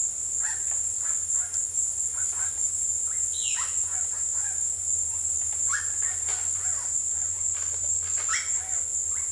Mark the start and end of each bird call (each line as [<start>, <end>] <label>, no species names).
[0.00, 4.67] bird call
[5.53, 9.32] bird call